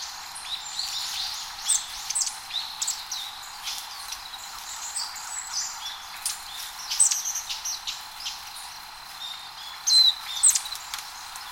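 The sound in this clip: Long-tailed tit calls, a steady scatter of high thin chirps and brief twittering notes, some sharper calls standing out near the end.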